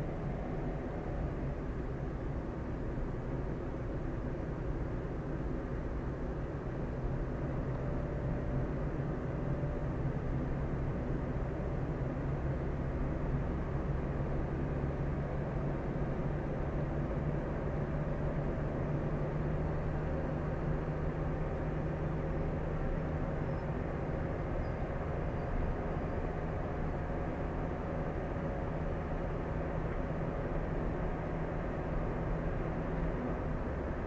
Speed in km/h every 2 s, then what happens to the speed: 37, 39, 40, 41, 42, 43, 44, 45, 46, 48, 49, 50, 51, 52, 52, 53, 55.
0-34 speeds up to 55.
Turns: none.